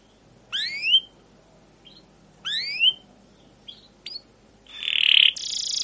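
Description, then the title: Canary song: two rising whistles about two seconds apart, a few short chips, ending with a harsh buzzy burst. Canary song used as a lure to train other canaries; song described as long, continuous rolling with repeated cuit cuit notes. "Suara Burung Kenari Gacor Panjang cuit cuit Ngerol untuk Pancingan Kenari"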